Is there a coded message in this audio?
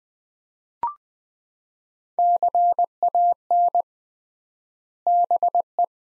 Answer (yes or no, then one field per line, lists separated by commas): yes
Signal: Morse code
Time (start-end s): 2.2-5.8 s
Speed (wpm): 20 wpm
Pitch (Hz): 700 Hz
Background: none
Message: CAN BE